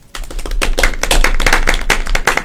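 Brisk applause from a small group during a Radio Cultural Platense broadcast, thanking the station's on-air operator: a dense patter of overlapping claps that starts abruptly and holds steady and fairly loud for a couple of seconds, with no voices.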